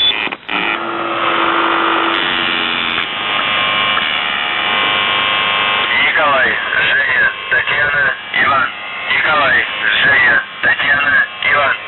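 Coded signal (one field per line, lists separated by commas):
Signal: numbers station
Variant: UVB-76, Russian voice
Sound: buzzing tone under static, then a voice reading a message over noisy shortwave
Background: radio static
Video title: The Buzzer/UVB-76(4625Khz) April 27th, 2023 Voice messages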